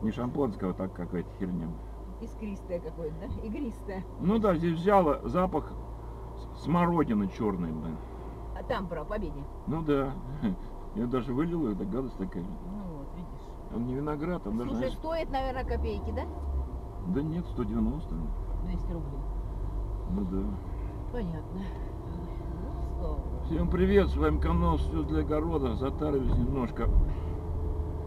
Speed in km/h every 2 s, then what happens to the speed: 0, 0, 0, 0, 0, 0, 0, 0, 1, 5, 11, 13, 14, 16.
0-16 standing. 16-28 pulls away to 16.